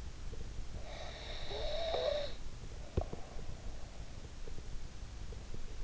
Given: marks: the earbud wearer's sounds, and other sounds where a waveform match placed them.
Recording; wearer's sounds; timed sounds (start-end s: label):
sounds in sleep by an in-ear microphone; snoring breath
0.53-4.54 s: snoring breath